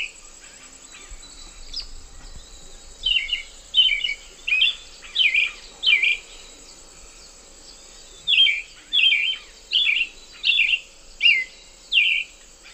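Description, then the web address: Black-billed thrush song: short, high warbled phrases, two quick bursts of five or six notes each, with a quiet gap between runs and faint insect hiss. Song recorded in the eastern lowlands of Ecuador, South America. "Natures Songs S America Eastern Lowlands. Turdus ignobilis, song"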